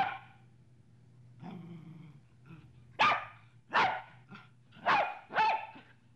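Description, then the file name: Dog barking: a faint low grumble, then four loud, sharp barks in quick succession over the last three seconds, with a steady low hum underneath. Medium-sized dog barking, three variants. "sobaka srednih razmerov laet 3 varianta"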